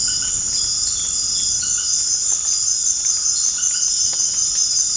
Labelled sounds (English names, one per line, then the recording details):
none
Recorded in dense forest near Puerto Asís, Putumayo, Colombia, on 27 June 2025 at 18:30
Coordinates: 0.481, -76.323
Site G072